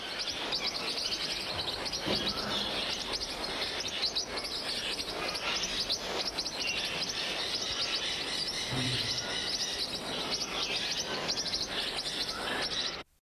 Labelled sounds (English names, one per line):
Pacific Parrotlet call